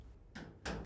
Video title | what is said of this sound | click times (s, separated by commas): How to replace Right Door Hinge part # WP8066056 on your Whirlpool Maytag Amana Dryer | slowly close the top panel and firmly snap both sides onto the | 0.7 s